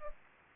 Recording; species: mosquito wingbeat signal from an infrared sensor; Aedes aegypti